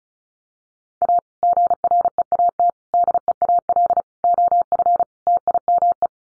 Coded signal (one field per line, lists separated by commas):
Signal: Morse code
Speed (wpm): 34 wpm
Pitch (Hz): 700 Hz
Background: none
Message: A GREAT DEAL OF TIME